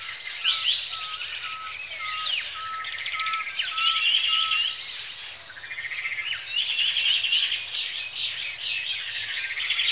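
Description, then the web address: Birds chorusing with rapid chirps and trills, plus a steady series of short piping notes repeated through the first half. Lakeside birdsong in Kenya, Africa, early in the morning. "A Természet hangjai - Madárdal A Természet hangjai - Afrika, Kenya - Tópart madárcsicsergéssel kora reggel"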